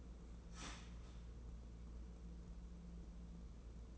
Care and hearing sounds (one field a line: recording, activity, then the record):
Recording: daily activity, microphone in the room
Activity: start toaster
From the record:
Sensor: 1